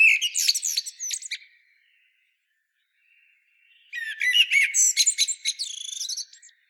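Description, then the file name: Common blackbird singing two busy phrases of mixed whistles and rapid high twittering notes, split by a quiet pause of over two seconds. "Turdus merula"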